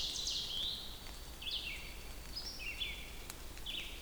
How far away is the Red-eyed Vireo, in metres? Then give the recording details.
about 55 m. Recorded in boreal forest in Alberta, Canada, on 2 June 2016 at 07:48. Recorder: SongMeter 3, array SBT-3-7. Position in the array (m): 84 m, 124 m